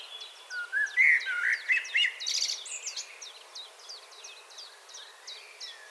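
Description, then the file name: Common blackbird warbling in flowing whistled phrases early on, while a run of thin high chirps continues throughout. "Turdus merula"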